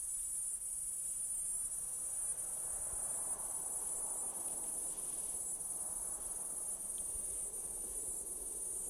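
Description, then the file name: Cicada singing a continuous, very high, steady buzz that holds without a break, over a faint low background rumble. Platypleura species, recorded in Kaning'ina Forest. "Platypleura sp Kaning'ina Forest"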